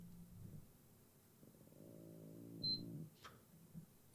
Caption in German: Mein Magen knurrt die ganze Zeit. Obwohl ich eigentlich noch gegessen habe.